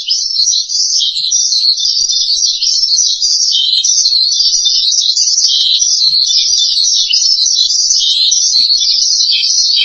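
Starling singing nonstop: dense, high-pitched twittering and warbling phrases running together throughout.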